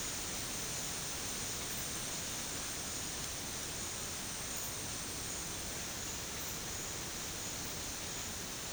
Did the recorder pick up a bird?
no